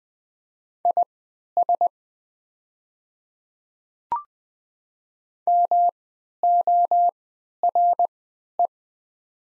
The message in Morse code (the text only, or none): IS MORE